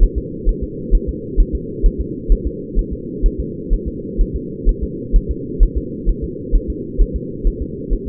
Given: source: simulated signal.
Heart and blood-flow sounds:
fetal heart sounds
0.03 s: S1
0.18 s: S2
0.49 s: S1
0.63 s: S2
0.95 s: S1
1.09 s: S2
1.40 s: S1
1.55 s: S2
1.86 s: S1
2.01 s: S2
2.32 s: S1
2.47 s: S2
2.79 s: S1
2.93 s: S2
3.26 s: S1
3.40 s: S2
3.73 s: S1
3.88 s: S2
4.21 s: S1
4.36 s: S2
4.69 s: S1
4.83 s: S2
5.16 s: S1
5.31 s: S2
5.63 s: S1
5.77 s: S2
6.09 s: S1
6.24 s: S2
6.55 s: S1
6.70 s: S2
7.01 s: S1
7.16 s: S2
7.47 s: S1
7.62 s: S2
7.93 s: S1
8.08 s: S2
From the record:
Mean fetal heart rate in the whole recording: 130 bpm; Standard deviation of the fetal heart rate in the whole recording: 2 bpm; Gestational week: 38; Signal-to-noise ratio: -4.1 dB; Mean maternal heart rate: no maternal heart sound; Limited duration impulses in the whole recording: absent

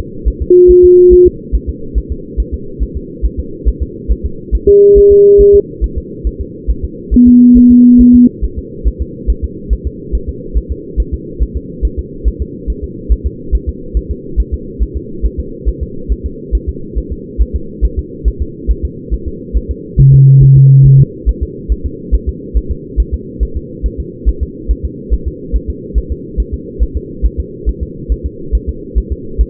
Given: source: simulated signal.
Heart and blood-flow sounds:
fetal heart sounds
0.28 s: S1
0.42 s: S2
0.71 s: S1
0.85 s: S2
1.13 s: S1
1.27 s: S2
1.55 s: S1
1.69 s: S2
1.98 s: S1
2.12 s: S2
2.40 s: S1
2.54 s: S2
2.83 s: S1
2.97 s: S2
3.25 s: S1
3.40 s: S2
3.68 s: S1
3.82 s: S2
4.12 s: S1
4.26 s: S2
4.55 s: S1
4.69 s: S2
4.98 s: S1
5.12 s: S2
5.41 s: S1
5.55 s: S2
5.84 s: S1
5.98 s: S2
6.27 s: S1
6.41 s: S2
6.70 s: S1
6.84 s: S2
7.14 s: S1
7.28 s: S2
7.57 s: S1
7.72 s: S2
8.01 s: S1
8.15 s: S2
8.44 s: S1
8.59 s: S2
8.88 s: S1
9.02 s: S2
9.30 s: S1
9.44 s: S2
9.73 s: S1
9.87 s: S2
10.15 s: S1
10.29 s: S2
10.57 s: S1
10.72 s: S2
11.00 s: S1
11.14 s: S2
11.42 s: S1
11.57 s: S2
11.85 s: S1
11.99 s: S2
12.28 s: S1
12.42 s: S2
12.70 s: S1
12.84 s: S2
13.12 s: S1
13.26 s: S2
13.55 s: S1
13.69 s: S2
13.97 s: S1
14.11 s: S2
14.40 s: S1
14.54 s: S2
14.83 s: S1
14.97 s: S2
15.25 s: S1
15.40 s: S2
15.69 s: S1
15.83 s: S2
16.12 s: S1
16.26 s: S2
16.55 s: S1
16.69 s: S2
16.98 s: S1
17.12 s: S2
17.41 s: S1
17.56 s: S2
17.85 s: S1
17.99 s: S2
18.28 s: S1
18.42 s: S2
18.71 s: S1
18.85 s: S2
19.14 s: S1
19.28 s: S2
19.57 s: S1
19.71 s: S2
20.00 s: S1
20.14 s: S2
20.43 s: S1
20.57 s: S2
20.86 s: S1
21.00 s: S2
21.29 s: S1
21.43 s: S2
21.72 s: S1
21.86 s: S2
22.15 s: S1
22.29 s: S2
22.57 s: S1
22.71 s: S2
23.00 s: S1
23.14 s: S2
23.43 s: S1
23.57 s: S2
23.86 s: S1
24.00 s: S2
24.29 s: S1
24.43 s: S2
24.71 s: S1
24.85 s: S2
25.14 s: S1
25.28 s: S2
25.56 s: S1
25.70 s: S2
25.98 s: S1
26.12 s: S2
26.40 s: S1
26.54 s: S2
26.83 s: S1
26.97 s: S2
27.26 s: S1
27.40 s: S2
27.69 s: S1
27.83 s: S2
28.12 s: S1
28.26 s: S2
28.55 s: S1
28.69 s: S2
28.98 s: S1
29.12 s: S2
29.41 s: S1
From the record:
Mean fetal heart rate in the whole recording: 140 bpm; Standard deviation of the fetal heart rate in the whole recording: 2 bpm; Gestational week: 34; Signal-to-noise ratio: -4.3 dB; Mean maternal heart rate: 72 bpm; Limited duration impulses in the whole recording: present

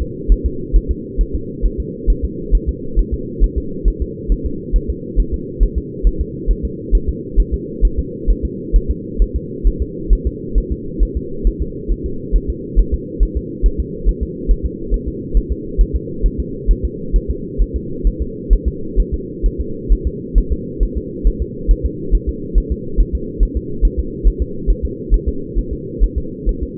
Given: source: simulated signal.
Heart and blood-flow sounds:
fetal heart sounds
0.02 s: S2
0.32 s: S1
0.46 s: S2
0.76 s: S1
0.91 s: S2
1.21 s: S1
1.35 s: S2
1.66 s: S1
1.80 s: S2
2.10 s: S1
2.25 s: S2
2.55 s: S1
2.69 s: S2
2.99 s: S1
3.14 s: S2
3.44 s: S1
3.58 s: S2
3.88 s: S1
4.02 s: S2
4.32 s: S1
4.46 s: S2
4.76 s: S1
4.90 s: S2
5.20 s: S1
5.34 s: S2
5.63 s: S1
5.78 s: S2
6.07 s: S1
6.21 s: S2
6.51 s: S1
6.65 s: S2
6.95 s: S1
7.09 s: S2
7.40 s: S1
7.54 s: S2
7.85 s: S1
7.99 s: S2
8.30 s: S1
8.45 s: S2
8.76 s: S1
8.91 s: S2
9.22 s: S1
9.36 s: S2
9.67 s: S1
9.82 s: S2
10.13 s: S1
10.27 s: S2
10.58 s: S1
10.72 s: S2
11.03 s: S1
11.17 s: S2
11.47 s: S1
11.62 s: S2
11.92 s: S1
12.06 s: S2
12.36 s: S1
12.50 s: S2
12.79 s: S1
12.94 s: S2
13.23 s: S1
13.37 s: S2
13.66 s: S1
13.80 s: S2
14.09 s: S1
14.23 s: S2
14.51 s: S1
14.66 s: S2
14.94 s: S1
15.08 s: S2
15.37 s: S1
15.52 s: S2
15.81 s: S1
15.96 s: S2
16.26 s: S1
16.40 s: S2
16.71 s: S1
16.85 s: S2
17.16 s: S1
17.30 s: S2
17.62 s: S1
17.76 s: S2
18.07 s: S1
18.22 s: S2
18.53 s: S1
18.68 s: S2
19.00 s: S1
19.14 s: S2
19.46 s: S1
19.61 s: S2
19.92 s: S1
20.07 s: S2
20.38 s: S1
20.53 s: S2
20.83 s: S1
20.98 s: S2
21.27 s: S1
21.42 s: S2
21.71 s: S1
21.86 s: S2
22.15 s: S1
22.29 s: S2
22.58 s: S1
22.72 s: S2
23.00 s: S1
23.15 s: S2
23.43 s: S1
23.57 s: S2
23.85 s: S1
24.00 s: S2
24.28 s: S1
24.42 s: S2
24.70 s: S1
24.85 s: S2
25.14 s: S1
25.28 s: S2
25.59 s: S1
25.73 s: S2
26.04 s: S1
26.18 s: S2
26.49 s: S1
26.63 s: S2
From the record:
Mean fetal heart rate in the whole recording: 135 bpm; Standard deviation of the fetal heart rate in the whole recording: 3 bpm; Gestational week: 36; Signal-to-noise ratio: -4.3 dB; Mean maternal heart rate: 72 bpm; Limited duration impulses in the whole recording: absent

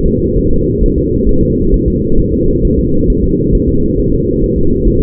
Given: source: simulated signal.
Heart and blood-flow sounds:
fetal heart sounds
0.07 s: S2
0.39 s: S1
0.53 s: S2
0.84 s: S1
0.98 s: S2
1.29 s: S1
1.43 s: S2
1.74 s: S1
1.88 s: S2
2.19 s: S1
2.33 s: S2
2.65 s: S1
2.79 s: S2
3.10 s: S1
3.24 s: S2
3.55 s: S1
3.69 s: S2
4.00 s: S1
4.14 s: S2
4.44 s: S1
4.58 s: S2
4.87 s: S1
5.01 s: S2
From the record:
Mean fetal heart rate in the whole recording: 135 bpm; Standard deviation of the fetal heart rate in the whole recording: 3 bpm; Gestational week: 36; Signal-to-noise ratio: -16.4 dB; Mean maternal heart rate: 72 bpm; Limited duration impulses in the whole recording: present

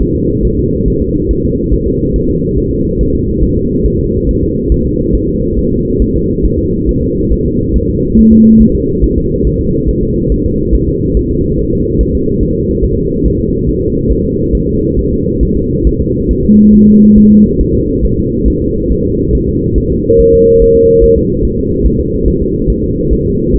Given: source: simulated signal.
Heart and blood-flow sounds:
fetal heart sounds
0.02 s: S1
0.16 s: S2
0.45 s: S1
0.59 s: S2
0.88 s: S1
1.02 s: S2
1.31 s: S1
1.45 s: S2
1.74 s: S1
1.88 s: S2
2.16 s: S1
2.30 s: S2
2.58 s: S1
2.72 s: S2
3.01 s: S1
3.15 s: S2
3.44 s: S1
3.57 s: S2
3.86 s: S1
4.00 s: S2
4.29 s: S1
4.43 s: S2
4.72 s: S1
4.86 s: S2
5.15 s: S1
5.29 s: S2
5.59 s: S1
5.72 s: S2
6.02 s: S1
6.16 s: S2
6.45 s: S1
6.59 s: S2
6.89 s: S1
7.03 s: S2
7.33 s: S1
7.46 s: S2
7.76 s: S1
7.90 s: S2
8.19 s: S1
8.33 s: S2
8.62 s: S1
8.76 s: S2
9.04 s: S1
9.18 s: S2
9.47 s: S1
9.61 s: S2
9.89 s: S1
10.03 s: S2
10.32 s: S1
10.46 s: S2
10.75 s: S1
10.89 s: S2
11.17 s: S1
11.31 s: S2
11.59 s: S1
11.73 s: S2
12.01 s: S1
12.15 s: S2
12.43 s: S1
12.57 s: S2
12.84 s: S1
12.98 s: S2
13.26 s: S1
13.40 s: S2
13.69 s: S1
13.83 s: S2
14.12 s: S1
14.25 s: S2
14.55 s: S1
14.69 s: S2
14.99 s: S1
15.13 s: S2
15.43 s: S1
15.57 s: S2
15.87 s: S1
16.01 s: S2
16.31 s: S1
16.45 s: S2
16.75 s: S1
16.88 s: S2
17.18 s: S1
17.32 s: S2
17.61 s: S1
17.75 s: S2
18.05 s: S1
18.19 s: S2
18.48 s: S1
18.62 s: S2
18.92 s: S1
19.06 s: S2
19.35 s: S1
19.49 s: S2
19.78 s: S1
19.92 s: S2
20.20 s: S1
20.34 s: S2
20.62 s: S1
20.76 s: S2
21.04 s: S1
21.18 s: S2
21.45 s: S1
21.59 s: S2
21.87 s: S1
22.00 s: S2
22.28 s: S1
22.42 s: S2
22.70 s: S1
22.84 s: S2
23.13 s: S1
23.27 s: S2
23.56 s: S1
From the record:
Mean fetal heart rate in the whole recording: 140 bpm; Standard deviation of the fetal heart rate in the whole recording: 2 bpm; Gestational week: 34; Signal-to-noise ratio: -10.2 dB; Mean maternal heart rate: 72 bpm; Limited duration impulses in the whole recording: present

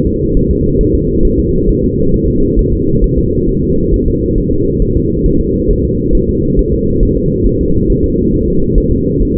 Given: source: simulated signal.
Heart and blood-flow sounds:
fetal heart sounds
0.07 s: S2
0.37 s: S1
0.51 s: S2
0.81 s: S1
0.95 s: S2
1.25 s: S1
1.40 s: S2
1.69 s: S1
1.84 s: S2
2.14 s: S1
2.28 s: S2
2.59 s: S1
2.74 s: S2
3.04 s: S1
3.19 s: S2
3.49 s: S1
3.63 s: S2
3.94 s: S1
4.08 s: S2
4.38 s: S1
4.53 s: S2
4.82 s: S1
4.97 s: S2
5.26 s: S1
5.41 s: S2
5.71 s: S1
5.85 s: S2
6.15 s: S1
6.29 s: S2
6.59 s: S1
6.74 s: S2
7.03 s: S1
7.17 s: S2
7.47 s: S1
7.61 s: S2
7.90 s: S1
8.04 s: S2
8.34 s: S1
8.48 s: S2
8.78 s: S1
8.92 s: S2
9.22 s: S1
9.37 s: S2
From the record:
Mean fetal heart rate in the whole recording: 135 bpm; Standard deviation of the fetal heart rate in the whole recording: 3 bpm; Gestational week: 36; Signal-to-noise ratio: -15.3 dB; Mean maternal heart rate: 72 bpm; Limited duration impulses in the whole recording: present

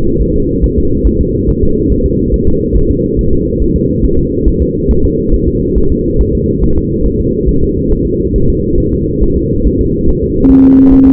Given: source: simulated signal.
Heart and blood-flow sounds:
fetal heart sounds
0.22 s: S1
0.36 s: S2
0.64 s: S1
0.78 s: S2
1.07 s: S1
1.21 s: S2
1.49 s: S1
1.63 s: S2
1.92 s: S1
2.06 s: S2
2.34 s: S1
2.48 s: S2
2.77 s: S1
2.91 s: S2
3.19 s: S1
3.33 s: S2
3.62 s: S1
3.76 s: S2
4.05 s: S1
4.19 s: S2
4.48 s: S1
4.62 s: S2
4.91 s: S1
5.05 s: S2
5.34 s: S1
5.48 s: S2
5.78 s: S1
5.92 s: S2
6.21 s: S1
6.35 s: S2
6.64 s: S1
6.78 s: S2
7.06 s: S1
7.20 s: S2
7.49 s: S1
7.63 s: S2
7.93 s: S1
8.07 s: S2
8.36 s: S1
8.50 s: S2
8.80 s: S1
8.94 s: S2
9.23 s: S1
9.38 s: S2
9.67 s: S1
9.81 s: S2
10.09 s: S1
10.23 s: S2
10.51 s: S1
10.66 s: S2
10.93 s: S1
11.07 s: S2
From the record:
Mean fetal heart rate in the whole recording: 140 bpm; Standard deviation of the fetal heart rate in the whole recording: 2 bpm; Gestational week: 34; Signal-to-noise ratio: -16.4 dB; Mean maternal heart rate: 72 bpm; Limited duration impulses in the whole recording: present

